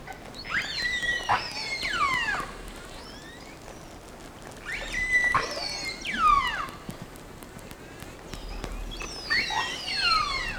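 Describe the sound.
Whale calls in three bursts about four seconds apart, each a tangle of sweeping squeals and whistles, with quiet clicking between.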